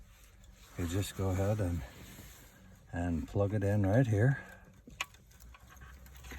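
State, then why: Seated. A SIM cable plug is pushed into its port on a Tesla-style screen unit being installed in a Jaguar XK while someone talks. A short, sharp click at 5.0 s marks the plug seating in place, followed by quiet background.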